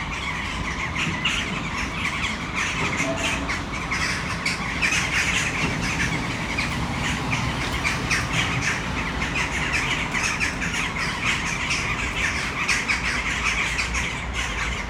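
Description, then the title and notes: Western jackdaws calling as a flock, a dense, unbroken chorus of sharp overlapping 'chak' notes, with a steady low traffic rumble underneath. A flock of many western jackdaws in a tree in the city centre of Brno, Czech Republic, recorded at sunset. "Brno-střed-Brno-město, Česko - Western jackdaws at sunset. A tree full of jackdaws in the city center of Brno"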